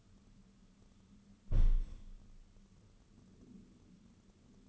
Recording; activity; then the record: daily activity, microphone in the room; close window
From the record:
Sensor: 4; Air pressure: 995.2 hPa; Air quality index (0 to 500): 191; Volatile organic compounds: 120 ppm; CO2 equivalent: 3874 ppm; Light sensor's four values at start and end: 5/10/4/4 and 4/9/3/4